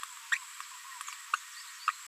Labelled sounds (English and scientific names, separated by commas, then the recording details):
Green-rumped Parrotlet (Forpus passerinus) babbling
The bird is a female
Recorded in a nest box in Venezuela
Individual 17B73B2